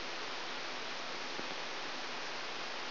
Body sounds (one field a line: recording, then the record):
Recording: brain microelectrode recording played as sound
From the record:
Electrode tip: outside the subthalamic nucleus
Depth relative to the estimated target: -6 mm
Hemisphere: right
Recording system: AlphaMap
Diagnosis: Parkinson's disease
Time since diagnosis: 11 years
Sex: male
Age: 62 years